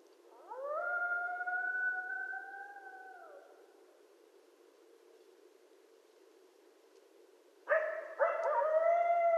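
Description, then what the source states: Coyote howl, a smooth rising then steady tone held for about three seconds, a pause, then a burst of sharp yips and howls. Several coyotes recorded 13 November 2012.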